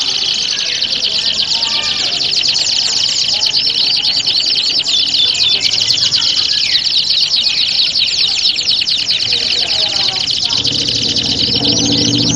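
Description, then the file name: Canary song as a thick chorus: unbroken high warbling and fast buzzy trills from several birds at once, steady in loudness for the whole stretch. Simulated singing contest of standard-type canaries. "audio simulasi lomba kenari standar. omkicau"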